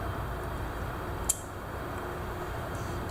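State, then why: Released. The handle scale of a Ruike P801 stainless steel frame-lock folding knife comes free from the pivot assembly after the last screw is taken out. A sharp, bright click at 1.3 s marks the scale clicking open over a steady low background hum, with a faint tick near the end. The handle is released.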